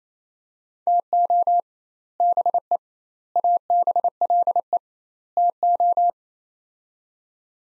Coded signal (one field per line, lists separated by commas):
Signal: Morse code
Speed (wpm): 28 wpm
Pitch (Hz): 700 Hz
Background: none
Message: TO BE ABLE TO